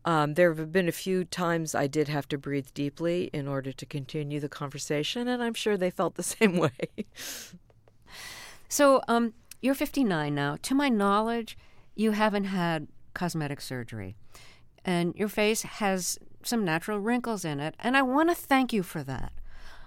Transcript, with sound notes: There have been a few times I did have to breathe deeply in order to continue the conversation, and I'm sure they felt the same way (laughter).
So you're 59 now. To my knowledge, you haven't had cosmetic surgery. And your face has some natural wrinkles in it. And I want to thank you for that.